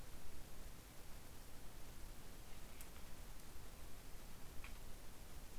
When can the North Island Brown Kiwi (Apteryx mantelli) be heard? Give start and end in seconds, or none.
none